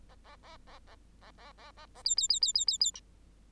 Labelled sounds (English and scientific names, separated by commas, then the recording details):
Bengalese Finch (Lonchura striata domestica) song
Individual Bird8